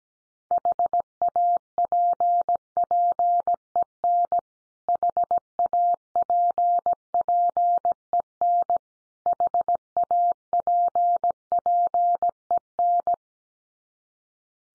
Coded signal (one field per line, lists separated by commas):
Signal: Morse code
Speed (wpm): 17 wpm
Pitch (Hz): 700 Hz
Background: none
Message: HAPPEN HAPPEN HAPPEN